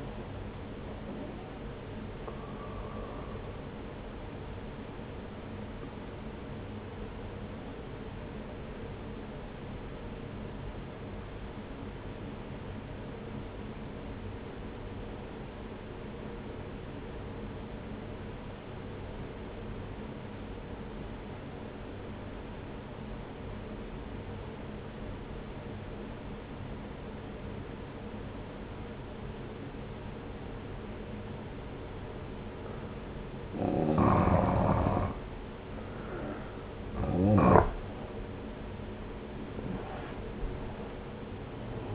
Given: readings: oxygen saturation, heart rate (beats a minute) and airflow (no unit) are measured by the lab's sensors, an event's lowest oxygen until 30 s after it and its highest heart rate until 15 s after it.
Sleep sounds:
breathing in sleep by a voice recorder at the bedside; 1
9.00-34.60 s: obstructive apnea (N1, oxygen 95% highest, then 88% lowest, heart rate 62 at the start, 80 highest)
From the record:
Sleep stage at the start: N1 (lightest sleep); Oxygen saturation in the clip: 85 to 95%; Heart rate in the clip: 61 to 69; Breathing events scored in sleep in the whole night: 303 in 8.1 hours asleep

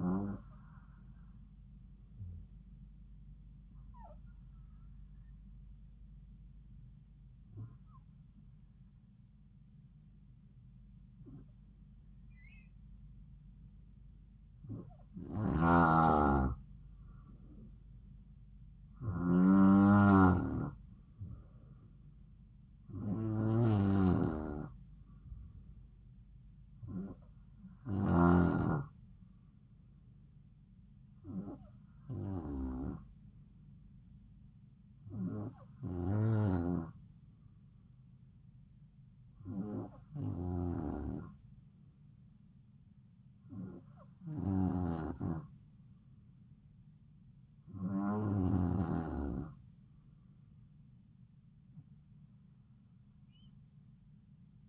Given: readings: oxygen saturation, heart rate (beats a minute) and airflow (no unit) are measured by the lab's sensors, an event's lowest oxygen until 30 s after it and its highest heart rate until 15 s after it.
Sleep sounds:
breathing in sleep by a smartphone at the bedside; 1
5.00-20.40 s: hypopnea (N2, oxygen 94% highest, then 91% lowest, heart rate 67 at the start, 71 highest)
5.00-35.00 s: new sleep stage, N3 (deep sleep)
35.00-54.68 s: new sleep stage, N2 (light sleep)
From the record:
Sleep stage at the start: N2 (light sleep); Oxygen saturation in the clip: 91 to 94%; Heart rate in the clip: 66 to 71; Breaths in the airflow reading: 14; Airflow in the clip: -3.9 to 4.3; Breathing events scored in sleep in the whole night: 270 in 6.1 hours asleep

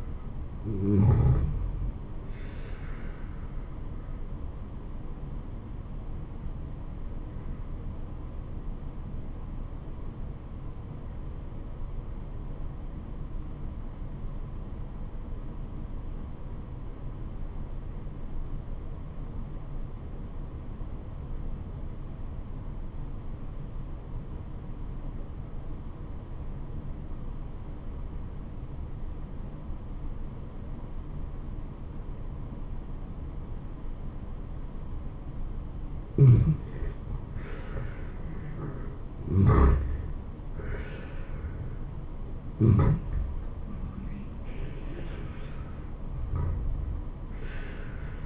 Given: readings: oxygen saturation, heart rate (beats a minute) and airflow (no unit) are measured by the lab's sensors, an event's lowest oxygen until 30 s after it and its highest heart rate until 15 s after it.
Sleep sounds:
breathing in sleep by a smartphone at the bedside; 1
6.00-38.00 s: obstructive apnea (N2, oxygen 94% highest, then 78% lowest, heart rate 71 at the start, 79 highest)
From the record:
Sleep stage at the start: N2 (light sleep); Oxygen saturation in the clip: 80 to 94%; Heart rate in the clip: 65 to 79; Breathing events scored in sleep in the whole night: 426 in 7.4 hours asleep

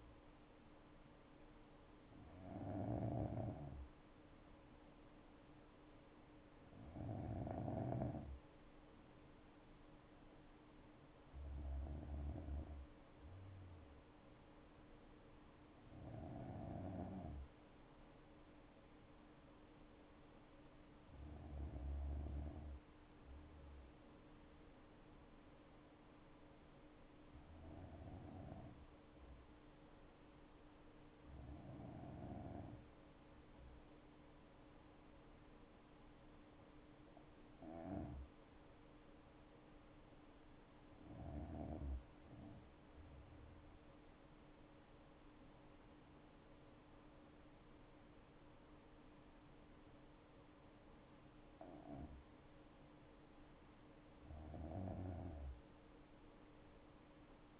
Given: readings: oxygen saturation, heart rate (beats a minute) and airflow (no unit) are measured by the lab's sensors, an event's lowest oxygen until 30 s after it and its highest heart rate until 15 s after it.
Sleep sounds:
breathing in sleep by a voice recorder at the bedside; 1
27.00-51.30 s: hypopnea (N2, oxygen 96% highest, then 92% lowest, heart rate 60 at the start, 75 highest)
From the record:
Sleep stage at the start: N2 (light sleep); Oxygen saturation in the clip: 93 to 96%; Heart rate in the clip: 60 to 71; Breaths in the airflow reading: 11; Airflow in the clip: -7.8 to 8.5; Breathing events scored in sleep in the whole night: 228 in 5.4 hours asleep

